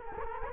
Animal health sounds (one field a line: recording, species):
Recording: mosquito wingbeat signal from an infrared sensor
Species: Culex quinquefasciatus